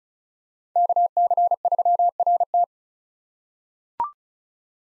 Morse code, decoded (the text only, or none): KC3RT